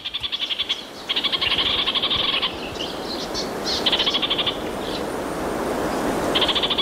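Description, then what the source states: Orange-fronted parakeet chattering, a few rapid, harsh, pulsed bursts separated by short pauses, over a steady background hiss. Known in Māori as Kākāriki Karaka.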